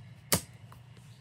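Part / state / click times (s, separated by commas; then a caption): laptop lid latch into the laptop base / seated / 0.3 s. A 1990s laptop's plastic lid is closed and its latches snap shut onto the base with one loud, sharp click at 0.3 s, followed by a faint tick at 0.7 s over a low background hum. The lid is latched shut.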